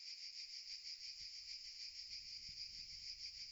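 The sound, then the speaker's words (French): Thousands of cicadas in dust-covered elm trees along a roadside under the midday sun chirr in a steady, unbroken high-pitched drone that holds even throughout, with a faint low rumble underneath and no voices. “Et sur les ormeaux du bord du chemin, tout couverts de poussière blanche, des milliers de cigales se répondent d'un arbre à l'autre.”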